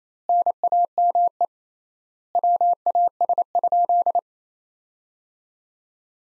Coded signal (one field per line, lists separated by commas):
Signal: Morse code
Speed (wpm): 28 wpm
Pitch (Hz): 700 Hz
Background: none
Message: NAME WAS?